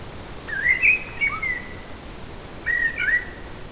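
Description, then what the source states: Eurasian blackbird song: mellow whistled phrases, one longer warbling phrase followed after a pause by a shorter one, over soft steady hiss. Forest, 8 July 2018.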